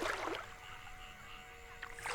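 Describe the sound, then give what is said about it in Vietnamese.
A rowboat rocks along a river on a moonlit night, with splashy oar strokes at the start and again at the end, and a quiet, steady watery hum between them. No one speaks. “Con đò chòng chành lướt trên mặt sông trong một đêm mở trăng.”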